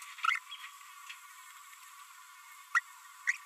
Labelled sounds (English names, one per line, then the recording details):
Green-rumped Parrotlet babbling
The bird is a female
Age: 30 days
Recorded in a nest box in Venezuela
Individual 17B42B1